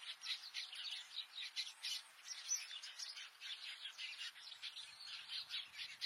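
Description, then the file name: Red-billed quelea song of rhythmic, buzzy chattering bursts, steady and unbroken throughout. "Canto do quelea de bico vermelho"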